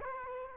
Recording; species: mosquito wingbeat signal from an infrared sensor; Culex quinquefasciatus